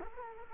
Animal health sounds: mosquito wingbeat signal from an infrared sensor; Culex quinquefasciatus

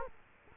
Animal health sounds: mosquito wingbeat signal from an infrared sensor; Culex quinquefasciatus

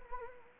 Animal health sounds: mosquito wingbeat signal from an infrared sensor; Anopheles arabiensis

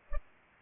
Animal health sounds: mosquito wingbeat signal from an infrared sensor; Culex pipiens

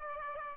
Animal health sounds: mosquito wingbeat signal from an infrared sensor; Aedes aegypti

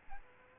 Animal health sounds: mosquito wingbeat signal from an infrared sensor; Aedes aegypti

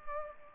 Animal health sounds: mosquito wingbeat signal from an infrared sensor; Culex pipiens

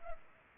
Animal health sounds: mosquito wingbeat signal from an infrared sensor; Culex pipiens

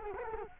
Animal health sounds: mosquito wingbeat signal from an infrared sensor; Culex quinquefasciatus

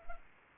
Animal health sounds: mosquito wingbeat signal from an infrared sensor; Anopheles arabiensis

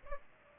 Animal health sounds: mosquito wingbeat signal from an infrared sensor; Culex pipiens

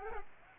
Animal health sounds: mosquito wingbeat signal from an infrared sensor; Aedes aegypti

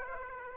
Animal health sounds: mosquito wingbeat signal from an infrared sensor; Aedes aegypti

